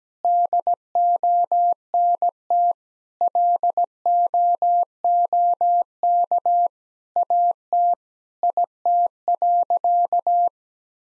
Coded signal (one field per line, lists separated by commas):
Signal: Morse code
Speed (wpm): 17 wpm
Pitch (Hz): 700 Hz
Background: none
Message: DONT LOOK AT IT.